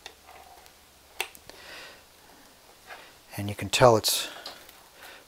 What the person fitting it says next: and you can tell it's fully seated because it makes a nice click